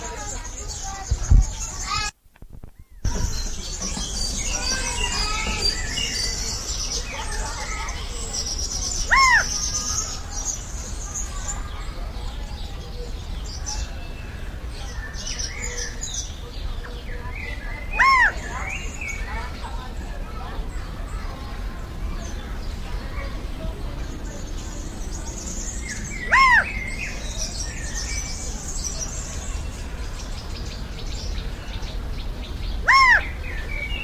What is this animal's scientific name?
Callipepla californica